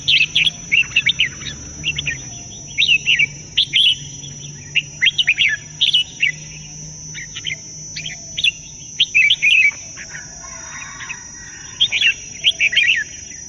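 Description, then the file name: Bulbul song: bursts of bright, bubbly chirping notes in quick phrases, repeated throughout with short pauses, over a steady high electronic whine and low hum. "suara kutilang jambul"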